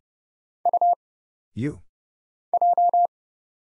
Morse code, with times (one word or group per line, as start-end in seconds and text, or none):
0.7-0.9 U
2.5-3.1 J